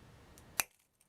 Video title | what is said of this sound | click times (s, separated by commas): Paper Bead Dangles Key Chain | click-click-click right okay let's try that again | 0.6 s